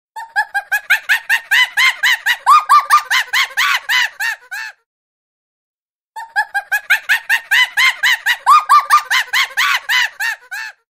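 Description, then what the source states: Monkey screaming in a laughing rhythm: rapid arching whoops in two bouts of a few seconds each, split by a short silence. Laughing-style scream.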